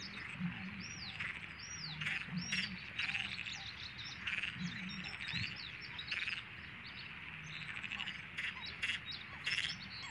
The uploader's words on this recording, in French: Marais du Liguaneau en Camargue. Lever du jour tranquille dans le marais du Liguaneau. Plusieurs Butor étoilé (Botaurus stellaris) lancent leur chant grave avec en toile de fond des Grenouilles de Perez (Pelophylax perezi).